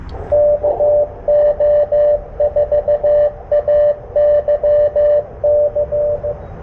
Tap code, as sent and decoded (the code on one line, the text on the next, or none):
none